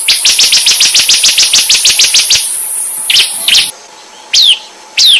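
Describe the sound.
Bird song: a quick series of loud, sharp repeated notes, then a thin high whistle and a few separate down-slurred chirps.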